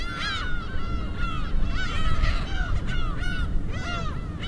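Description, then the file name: Several seagulls calling constantly with harsh, slurred mewing cries above loud rushing waves. Seagulls with waves at Hachinohe. "AMBIENCE HACHINOHE SEAGULLS WAVES"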